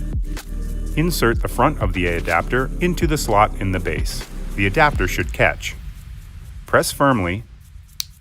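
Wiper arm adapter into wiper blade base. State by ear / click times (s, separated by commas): seated / 8.0 s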